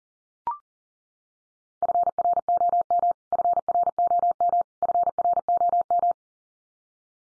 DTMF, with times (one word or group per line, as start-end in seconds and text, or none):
none